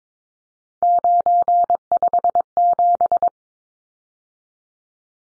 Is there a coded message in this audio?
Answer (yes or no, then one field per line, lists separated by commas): yes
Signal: Morse code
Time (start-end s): 0.8-3.3 s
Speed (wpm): 22 wpm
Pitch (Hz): 700 Hz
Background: none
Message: 957